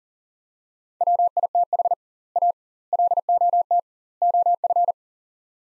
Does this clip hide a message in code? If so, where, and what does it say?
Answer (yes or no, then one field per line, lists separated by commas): yes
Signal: Morse code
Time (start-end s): 1.0-4.9 s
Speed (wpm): 40 wpm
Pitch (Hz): 700 Hz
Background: none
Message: WITH A LOT OF